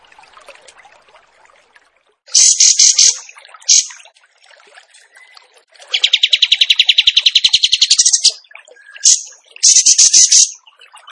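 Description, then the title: Bird song: short, sharp trill bursts, then a longer steady rapid trill, then two more brief bursts, over faint background noise. Masteran training recording of bird song in the tembakan gacor style. "Masteran Burung Tembakan Gacor"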